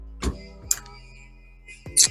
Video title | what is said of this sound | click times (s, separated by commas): BMW G30 540i: CTS Charge Pipe & FTP Turbo Inlet Install | should hear two clicks on that one I think well it went on even alrighty | 0.7 s